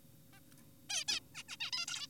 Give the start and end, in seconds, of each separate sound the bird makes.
0.33-0.40, 0.90-1.04, 1.08-1.20, 1.35-1.43, 1.49-1.57, 1.60-1.71, 1.73-1.86, 1.88-2.07